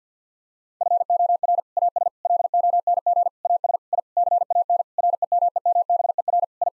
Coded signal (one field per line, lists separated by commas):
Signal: Morse code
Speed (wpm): 50 wpm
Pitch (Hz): 700 Hz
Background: none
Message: FOR AS LONG AS I CAN REMEMBER I